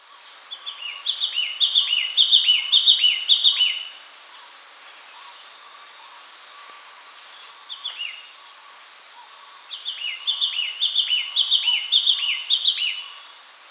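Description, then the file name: Yellow-cheeked tit giving high, rapid, repeated chattering phrases in two bouts several seconds apart, with a short single phrase between them, over a steady background hum. Subspecies subviridis. "Yellow cheeked Tit Machlolophus spilonotus subviridis"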